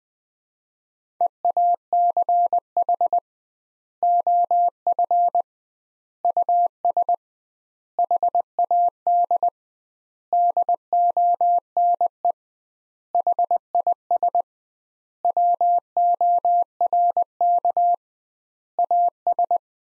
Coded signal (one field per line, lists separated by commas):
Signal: Morse code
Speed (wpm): 20 wpm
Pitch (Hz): 700 Hz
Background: none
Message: EACH OF US HAD DONE HIS WORK AS